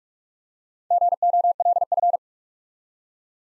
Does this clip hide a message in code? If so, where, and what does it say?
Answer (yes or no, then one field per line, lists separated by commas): yes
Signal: Morse code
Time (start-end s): 0.9-2.2 s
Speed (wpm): 48 wpm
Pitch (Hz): 700 Hz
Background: none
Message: GOLF